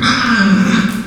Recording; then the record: squeal of a Yucatan mini pig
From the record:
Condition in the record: after surgery on the right vocal fold (resection and tissue-engineered implant); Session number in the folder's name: 12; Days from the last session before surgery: 105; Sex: female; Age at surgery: 19 weeks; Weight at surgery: 25 kg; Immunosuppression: prednisolone